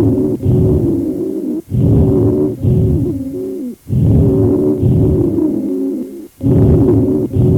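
Low-pitched, continuous snoring-like tones through both inspiration and expiration, heard over an adult chest: rhonchi from secretions in the larger airways.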